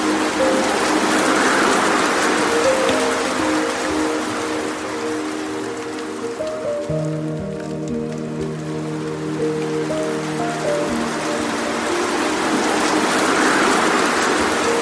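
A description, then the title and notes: A soft, steady rush of flowing water fills the whole clip, swelling slightly at the start and end. Through the middle, slow piano notes ring out low and sustained, held chords overlapping gently as the water sound eases back around them. Immerse yourself in a dreamy blend of relaxing piano music and the soothing sounds of a soft water stream.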